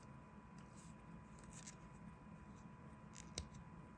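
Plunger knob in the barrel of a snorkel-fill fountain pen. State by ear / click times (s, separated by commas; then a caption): released / 3.4 s. The squared-off plunger filling knob on a Sheaffer PFM Mk III snorkel-fill fountain pen is unscrewed over a quiet, steady background with a couple of faint ticks. At 3.4 s the mechanism gives one small, sharp click as it releases, and the snorkel tube extends from the nib.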